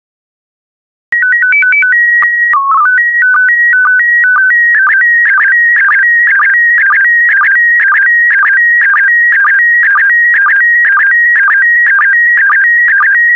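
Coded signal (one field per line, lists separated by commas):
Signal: SSTV (slow-scan television)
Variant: PD120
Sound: short stepped calibration tones, then a steady warbling whine with regular rhythmic dips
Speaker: transmission complete you can now check your decoded image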